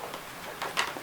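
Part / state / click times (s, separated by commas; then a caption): dummy battery pack into the back of a handheld radio / seated / 0.6 s, 0.8 s. A plastic dummy battery (battery eliminator) slides onto the back of a handheld radio, after a first try was blocked by stuff in the way. On the retry it snaps into place with two sharp clicks at 0.6 s and 0.8 s over a faint background hiss. The dummy battery ends up seated on the radio.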